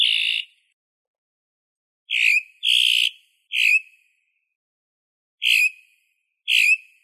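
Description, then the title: Bird calls: six short, harsh whistled notes with bright overtones, given singly or in quick pairs at irregular intervals, with complete silence between them. "LuckyPassaros CompletosSama"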